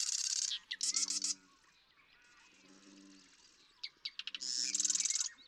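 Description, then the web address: Marsh Wren song phrases of sharp ticks and fast, buzzy high rattles, with repeated low, harmonic croaking notes underneath. "birdsongforthecurious Marsh Wren"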